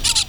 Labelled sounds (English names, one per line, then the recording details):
Brown-throated Parakeet contact call
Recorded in Venezuela
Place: Cerro Saroche, Hato Dalmatela, Edo. Lara
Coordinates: 10.149, -69.534